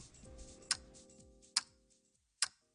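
A clock ticks three times, each crisp, sharp click evenly spaced just under a second apart, over a soft, low sustained tone in the background.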